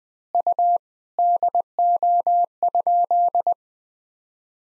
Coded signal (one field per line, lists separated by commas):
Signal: Morse code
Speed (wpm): 21 wpm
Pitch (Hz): 700 Hz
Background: none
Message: U DO?